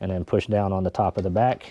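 Someone talks while handling the folding frame of a Jazzy Ultralight power wheelchair, having pressed the red release lever and now pushing down on the top of the seat back to fold the metal frame. Only speech is heard; the frame latch has not yet clicked locked and nothing has seated.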